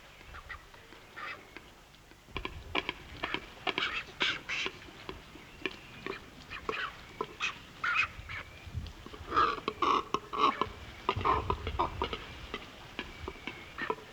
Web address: Shag